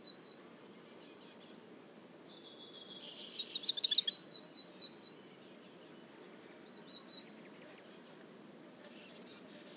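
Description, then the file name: Black redstart song: one loud, scratchy, rapid burst of high notes near the middle, over a steady high insect hum. At le Puech. "chant de rougequeue noir merle noir le Puech"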